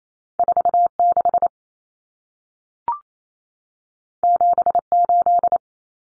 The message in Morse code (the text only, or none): 46 78